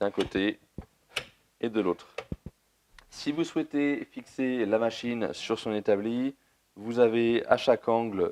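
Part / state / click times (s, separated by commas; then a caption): detent ball into miter saw turntable preset notch / seated / 1.2 s. On a Metabo KS 216 miter saw, the turntable is swung to a preset angle on the other side, and the detent ball clicks into its notch at 1.2 s, seating there. Someone talks before and after the click.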